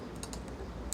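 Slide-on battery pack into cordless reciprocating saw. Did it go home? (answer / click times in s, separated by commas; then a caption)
no / none. An 18 V slide-on battery pack is pushed into the battery slot of a Makita DJR360 36 V (2x 18 V) cordless reciprocating saw, with light plastic taps and scrapes over a low background hum and a sharper tap near 0.9 s. The pack has not seated or clicked into the saw yet.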